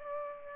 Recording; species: mosquito wingbeat signal from an infrared sensor; Aedes aegypti